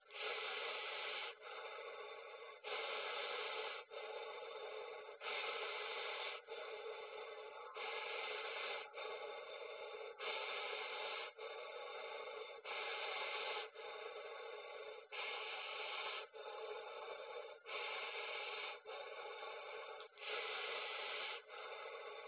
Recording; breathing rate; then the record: paced breathing near a phone; 24 breaths a minute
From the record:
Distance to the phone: 20 cm